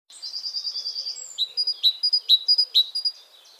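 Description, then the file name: Great tit calling, a high fluttering trill leading into a run of crisp, ringing chinks repeated briskly before fading. "Parus major"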